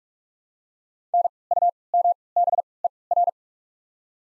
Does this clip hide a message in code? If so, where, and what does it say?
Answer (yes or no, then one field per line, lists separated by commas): yes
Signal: Morse code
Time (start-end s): 1.1-3.3 s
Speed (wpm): 48 wpm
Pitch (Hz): 700 Hz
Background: none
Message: N U M B E R